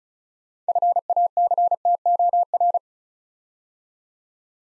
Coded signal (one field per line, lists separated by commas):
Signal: Morse code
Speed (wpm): 36 wpm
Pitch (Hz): 700 Hz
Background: none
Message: FACTOR